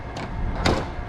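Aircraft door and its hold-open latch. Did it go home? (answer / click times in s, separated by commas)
yes / 0.7 s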